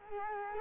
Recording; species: mosquito wingbeat signal from an infrared sensor; Culex quinquefasciatus